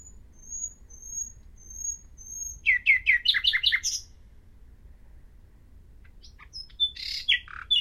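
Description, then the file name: Common nightingale song: thin drawn-out high whistles repeated slowly, a loud burst of rapid chirps, pause, then scattered varied notes. "Luscinia megarhynchos"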